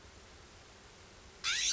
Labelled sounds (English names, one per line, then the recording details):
California Scrub-Jay
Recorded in Sonoma County, California